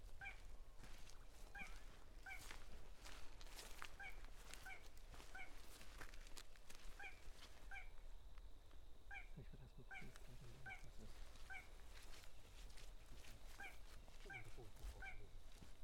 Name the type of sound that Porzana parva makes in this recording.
song